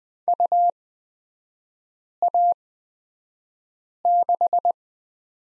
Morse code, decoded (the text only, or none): UA6